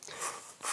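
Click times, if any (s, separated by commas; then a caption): 0.0 s, 0.1 s. A lens hood is twisted onto the front bayonet of an Olympus M.Zuiko 45mm f/1.2 Pro lens until its locking button clicks, with sharp clicks at 0.0 s and 0.1 s followed by a soft rustle. The hood is securely seated.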